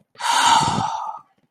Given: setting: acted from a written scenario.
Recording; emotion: vocal sound without words; awe